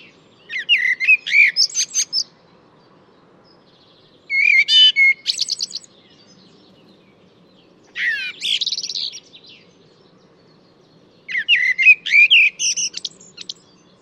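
Bird song in four bursts of rapid, varied whistled and chirping notes, each about two seconds long with short pauses between, over a faint low hum.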